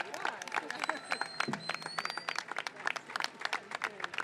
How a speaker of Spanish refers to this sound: En nombre de los maestros de todo el país, este aplauso es para vos.